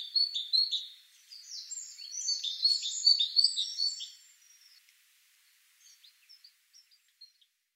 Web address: SETE data Parus major